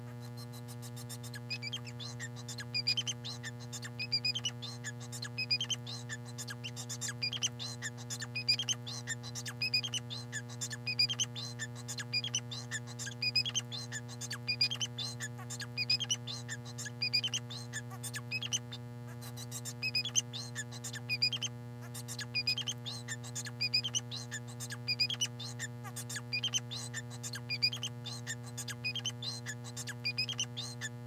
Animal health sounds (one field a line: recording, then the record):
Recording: song of a male Bengalese finch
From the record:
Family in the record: son of father 4